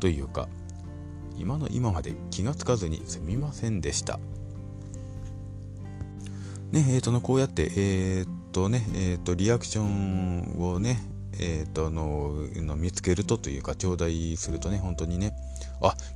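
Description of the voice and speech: An adult man who stutters speaks spontaneously in Japanese over background music. His speech is broken by frequent fillers and repetitions such as 'えーと' and repeated 'と', along with drawn-out syllables.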